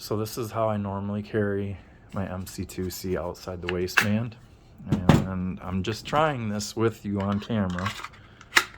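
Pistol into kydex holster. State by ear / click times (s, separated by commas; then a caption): seated / 8.6 s. Someone talks, then a Walther CCP 9mm pistol is pushed into an outside-the-waistband Kydex holster normally used to carry an MC2C. The pistol seats with a sharp snap at 8.6 s and is held securely in the holster.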